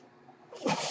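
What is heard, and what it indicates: A soft low hum swells into a brief airy hiss, a home mechanical ventilator pushing a breath of air.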